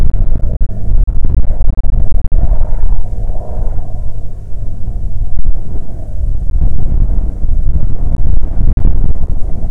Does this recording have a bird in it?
no